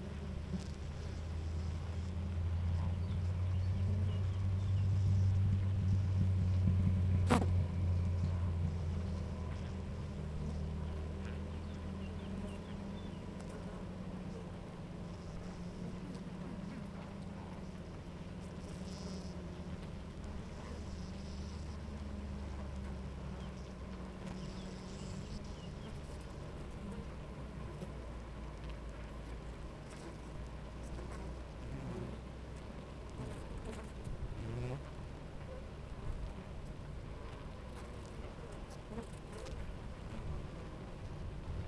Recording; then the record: honeybee colony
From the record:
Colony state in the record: active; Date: 28 July 2017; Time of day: 9:48